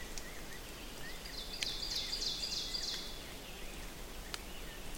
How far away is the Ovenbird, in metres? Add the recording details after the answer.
about 70 m. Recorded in boreal forest in Alberta, Canada, on 6 June 2016 at 08:20. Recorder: SongMeter 3, array SBT-3-51. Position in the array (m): 218 m, 9 m. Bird 27